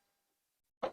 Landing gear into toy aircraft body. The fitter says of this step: if you listen a nice click when that is in place and